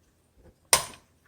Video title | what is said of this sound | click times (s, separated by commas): 1936 Royal Model O - Typewriter Demo | but we just pop this top open | 0.7 s